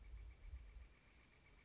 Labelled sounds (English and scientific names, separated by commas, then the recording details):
Northern Flicker (Colaptes auratus)
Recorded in Sonoma County, California